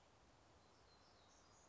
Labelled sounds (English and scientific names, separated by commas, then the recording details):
Black-throated Gray Warbler (Setophaga nigrescens)
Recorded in Sonoma County, California